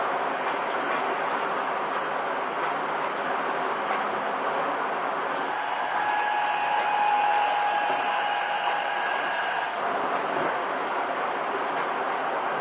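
A Seibu 6000 series train in motion, with a steady, dense roar of running noise throughout. From about six to nine seconds a thin, even whine rises above the rumble, then fades, and the roar eases slightly near the end.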